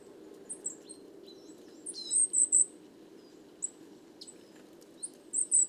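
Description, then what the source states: Coal tit calls, thin high seeps and brief downslurred notes in short bursts, with quiet gaps and a soft low hum beneath. Wandering flock of more than 50 Coal tits, evening, 29 September 2019, Les Casses, Drôme, France; recorded in mono with a Wildtronic parabolic reflector, some handling noise.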